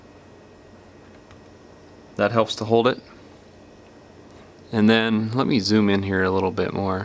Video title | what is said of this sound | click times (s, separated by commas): Galaxy S4 Microphone Replacement How To Change | and just press down with uh the tweezers or something it should click right in on both sides | 1.3 s